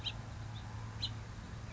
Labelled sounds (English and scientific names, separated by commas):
House Finch (Haemorhous mexicanus)